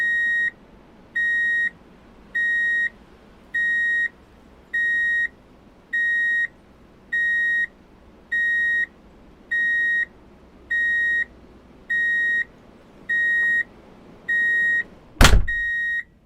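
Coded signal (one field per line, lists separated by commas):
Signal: alarm pattern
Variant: vehicle reversing beeper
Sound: about 14 evenly spaced half-second high beeps, one sharp click near the end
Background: low background hum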